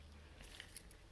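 A small screwdriver is inserted and twisted to lift the plastic retaining clip (connector position lock) on an airbag wiring connector in the steering wheel of a 2006–2016 Impala/Limited (9th gen). Short, sharp ticks are heard at 0.6 and 0.8 seconds as the clip pops up, released.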